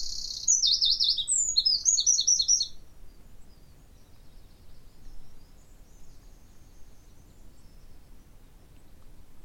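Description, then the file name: Eurasian wren ending a burst of fast, shrill trills and chattering notes, fading after about three seconds into softer twitters and continuous low noise. Recorded 29 October 2019. "Troglodytes troglodytes 191029"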